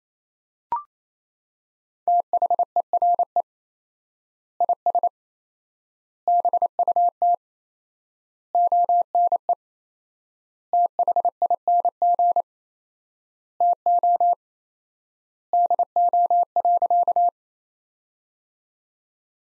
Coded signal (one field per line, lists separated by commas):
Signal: Morse code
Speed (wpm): 28 wpm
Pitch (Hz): 700 Hz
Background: none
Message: THERE IS BUT ONE THING TO DO.